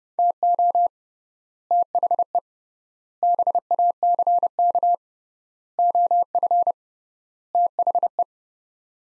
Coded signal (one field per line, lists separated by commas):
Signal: Morse code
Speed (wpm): 30 wpm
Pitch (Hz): 700 Hz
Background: none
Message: TO THE BACK OF THE